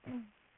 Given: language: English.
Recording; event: throat vibration sensor signal played as sound; throat clearing